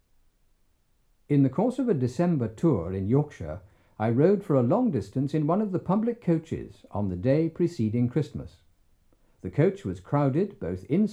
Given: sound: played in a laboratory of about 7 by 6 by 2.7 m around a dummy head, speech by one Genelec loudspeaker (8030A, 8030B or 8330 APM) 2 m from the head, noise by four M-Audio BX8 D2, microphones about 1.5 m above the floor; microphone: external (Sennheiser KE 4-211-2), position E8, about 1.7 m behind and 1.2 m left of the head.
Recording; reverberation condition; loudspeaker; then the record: male speech in English; low; 150 degrees to the left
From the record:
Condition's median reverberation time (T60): about 310 ms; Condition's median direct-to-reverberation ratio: about 3.5 dB